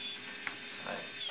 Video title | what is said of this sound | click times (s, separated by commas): DRONE entrega CERVEJA na PRAIA wanzam fpv | recolheu achei ele travou está travado quando | 0.5 s